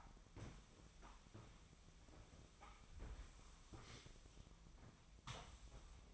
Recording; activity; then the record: daily activity, microphone in the room; sweep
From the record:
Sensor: 1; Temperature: 24.0 degrees Celsius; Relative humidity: 35.2%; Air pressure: 1004.7 hPa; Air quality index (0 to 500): 97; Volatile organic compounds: 3 ppm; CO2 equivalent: 1324 ppm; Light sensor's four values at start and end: 9/21/8/9 and 9/22/8/9